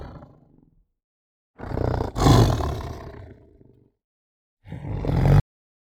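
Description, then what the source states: Tiger growling: a fading low rumble at the start, then a deep harsh growl lasting about two seconds, and a final short rising snarl that cuts off abruptly. Excited tiger growling.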